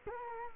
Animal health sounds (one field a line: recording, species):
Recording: mosquito wingbeat signal from an infrared sensor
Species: Culex quinquefasciatus